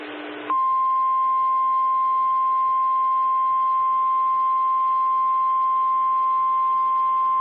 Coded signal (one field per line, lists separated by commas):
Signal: Emergency Alert System (SAME) tones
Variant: 1050 Hz attention tone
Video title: West Coast Great Shakeout Exercise RMT (EAS 569)